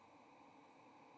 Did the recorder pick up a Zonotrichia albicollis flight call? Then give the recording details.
no. Another species' flight call is heard. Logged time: 08:39 on 30 October 2014